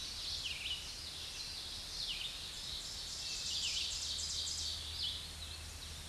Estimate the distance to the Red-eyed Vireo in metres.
about 35 m